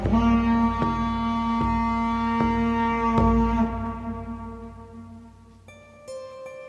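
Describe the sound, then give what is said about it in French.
A long, low foghorn blast drones steadily for several seconds, rich and buzzing, with regular dull thumps beneath it, then fades out and gives way to a brief, higher-pitched tone. “Peut-être même que notre corne de brume suffira à les faire fuir.”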